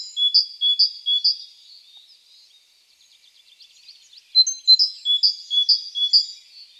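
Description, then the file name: Great tit giving rapid high two-note phrases in a run, then a quiet pause with soft twitters, then another run of the same paired notes. "Parus major"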